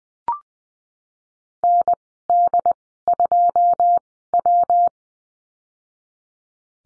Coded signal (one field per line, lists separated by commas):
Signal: Morse code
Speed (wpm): 20 wpm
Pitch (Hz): 700 Hz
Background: none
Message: N D 2 W